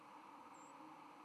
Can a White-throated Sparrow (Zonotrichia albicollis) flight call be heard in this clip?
yes